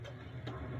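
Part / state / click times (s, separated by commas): saxophone neck into the body receiver / seated / 0.5 s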